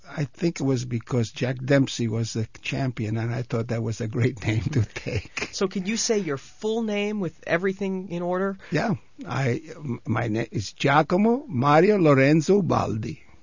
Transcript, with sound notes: I think it was because Jack Dempsey was a champion and I thought that was a great name to take (he laughs)
So could say your full name with everything in order?
Yeah. I, my name is Giacomo Mario Lorenzo Ubaldi.